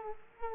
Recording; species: mosquito wingbeat signal from an infrared sensor; Culex quinquefasciatus